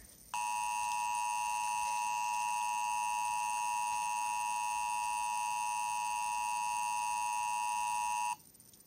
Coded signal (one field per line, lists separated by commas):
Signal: Emergency Alert System (SAME) tones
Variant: 853 and 960 Hz attention tone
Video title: May 5, 2017 eas alert